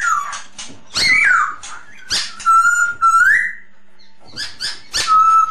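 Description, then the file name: Masked laughingthrush song mixes harsh chattering notes with long, level and rising whistles, with clicks between phrases. Lure song used for Masked laughingthrush, named poksay hongkong. "suara pancingan poksay hongkong"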